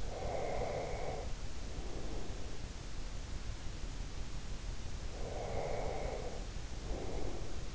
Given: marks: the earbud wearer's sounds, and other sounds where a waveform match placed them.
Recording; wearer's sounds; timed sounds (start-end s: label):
sounds in sleep by an in-ear microphone; breath
0.00-2.74 s: breath
5.05-7.74 s: breath